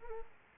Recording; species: mosquito wingbeat signal from an infrared sensor; Aedes aegypti